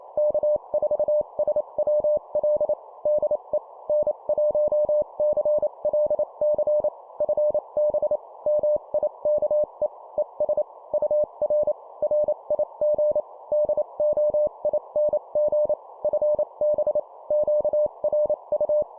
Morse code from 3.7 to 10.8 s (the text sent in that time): N1CLC FB MIKE ES